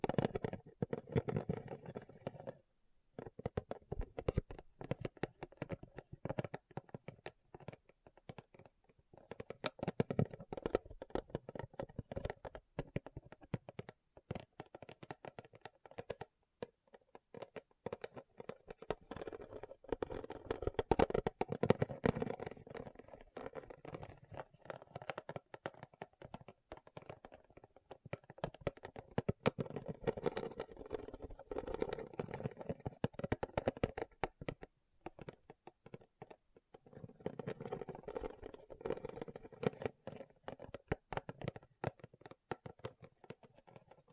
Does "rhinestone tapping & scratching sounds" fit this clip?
yes